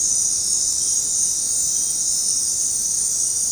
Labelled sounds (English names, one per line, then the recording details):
none
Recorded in dense forest near Puerto Asís, Putumayo, Colombia, on 21 February 2024 at 20:30
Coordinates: 0.503, -76.322
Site G6418